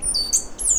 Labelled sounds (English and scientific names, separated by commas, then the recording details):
Stitchbird (Notiomystis cincta) song
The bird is a male
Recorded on Tiritiri Matangi Island, New Zealand, in 2005
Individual 1, of nest box 1